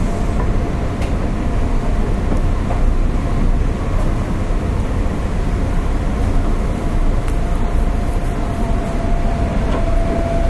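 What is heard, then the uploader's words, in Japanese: Inside an electric commuter train running along a city loop line, a dense, steady low rumble of wheels and motors fills the whole ten seconds. A faint tone holds steady underneath, and brief clicks and rattles of the car cut through every second or two. JR201系電車 環状線内回り 大阪から天王寺まで。JR201系電車の走行音です。環状線 内回り列車にて収録。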